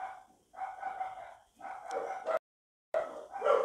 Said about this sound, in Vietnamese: Mấy con chó này.